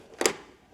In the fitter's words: let it click.